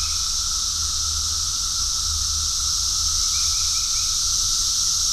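Cicadas droning in a continuous shrill hiss, even in loudness from start to end, with a softer steady tone below.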